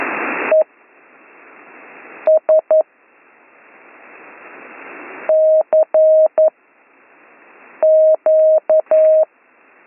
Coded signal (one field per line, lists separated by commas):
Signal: Morse code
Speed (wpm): 11 wpm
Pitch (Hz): 630 Hz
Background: none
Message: ES CQ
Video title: Slow Morse Code Course - Week 8 - Learn Morse Code